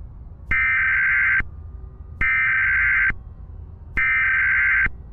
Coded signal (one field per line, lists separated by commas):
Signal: Emergency Alert System (SAME) tones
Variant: header bursts